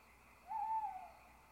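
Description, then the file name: Owl hoot, a single steady mid-pitched note held for about half a second over a quiet background. Owls (chouettes) recorded at Ker Anna. "chouettes Ker Anna"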